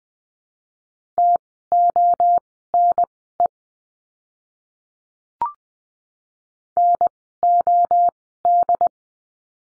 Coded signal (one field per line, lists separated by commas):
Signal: Morse code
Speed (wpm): 20 wpm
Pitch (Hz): 700 Hz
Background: none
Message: TONE NOD